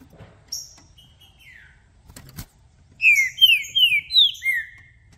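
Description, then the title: Green-winged saltator singing a rapid string of five falling whistled notes, following a couple of thin high notes and a brief clicking noise. Song used to warm up a trinca-ferro and provoke it into calling, singing and acting like a fighting male in a singing contest; several song types; meant to open up its song. "ESQUENTAR Seu TRINCA Piando, Cantando E Macheando Na DISPUTA. Trinca Ferro VALENTE! VIRANDO VARIOS TIPOS DE CANTOS!! ABRIR O CANTO!!"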